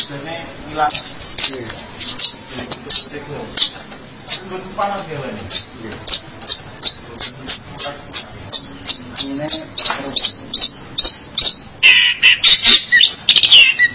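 Long-tailed shrike song: a long sequence of high squeaky notes, accelerating into quick chips, ending with a dense scratchy burst.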